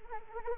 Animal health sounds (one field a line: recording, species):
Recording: mosquito wingbeat signal from an infrared sensor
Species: Anopheles arabiensis